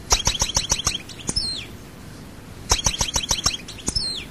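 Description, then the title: European goldfinch song: two matching phrases of rapid chirps, each ending with a falling slurred whistle, about two and a half seconds apart. "Chant Chardonneret"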